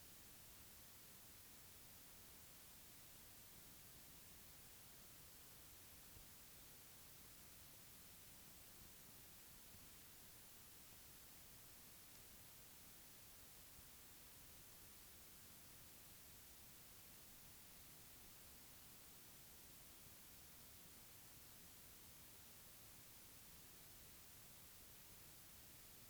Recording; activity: daily activity, guitar pickup as the sensor; lie down